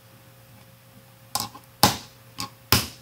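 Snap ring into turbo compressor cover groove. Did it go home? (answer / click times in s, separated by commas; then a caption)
partly / 1.8 s, 2.7 s. Large snap ring pliers compress a steel snap ring and release it into the groove of a steel turbo compressor cover to retain the center cartridge, giving sharp metallic snaps at 1.8 s and 2.7 s, with smaller ticks around 1.4 s and 2.4 s. The ring springs in but only partly seats, not all the way into the groove.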